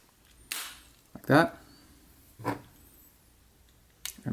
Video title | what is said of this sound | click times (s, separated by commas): Change Key Fob Battery For 2011-12 Toyota Avalon w/ Push Button Start | set the case back on and let it snap into place like that | 0.5 s